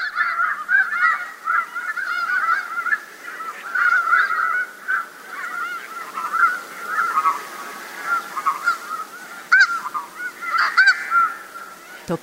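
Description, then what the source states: Snow goose flock calling, many overlapping nasal honks in a continuous busy chorus, with a few louder single honks standing out near the end. Tokachi Plain, Hokkaido, Japan.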